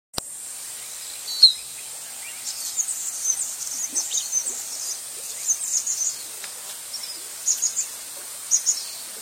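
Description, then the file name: Anna's hummingbird song: high, scratchy, buzzing phrases repeated in bursts, opening with a click and a thin squeak. "canto do beija flor de anna"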